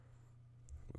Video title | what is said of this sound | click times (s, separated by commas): Tuto iPhone 6 : changer le Haut parleur (musique) Démontage + remontage HD | devez entendre un petit clips quand vous le remettez voilà | 0.7 s